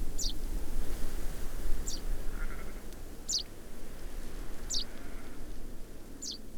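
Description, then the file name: Common chaffinch call notes, crisp and falling in pitch, five repeated at slightly uneven intervals over a constant low-frequency rumble. "Fringilla coelebs"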